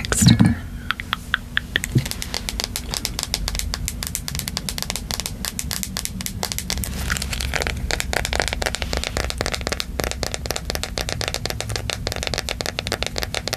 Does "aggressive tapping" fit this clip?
yes